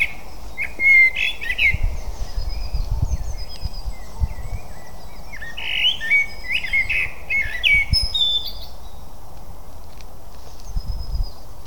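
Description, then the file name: Eurasian blackbird song of several rich warbled phrases with high squeaky flourishes, separated by short pauses, plus occasional low thumps and background hiss. "Turdus merula"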